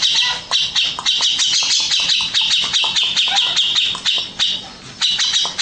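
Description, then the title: Grey-cheeked bulbul giving a dense, harsh chattering song of rapid buzzy notes, nearly continuous with brief pauses, high-pitched and scratchy throughout. "Cucak Jenggot"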